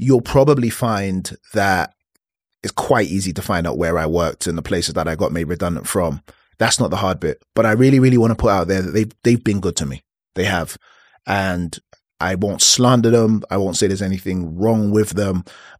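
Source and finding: Adult man speaking. Stuttering.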